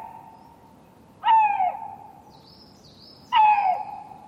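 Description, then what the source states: Eurasian lynx mating calls: two harsh, harmonic wails, each starting abruptly then sliding slightly downward, about two seconds apart, with a faint high thin whistle between them. Male singing, mating season, Jura massif; recordist had tracked this male for several days and it kept calling.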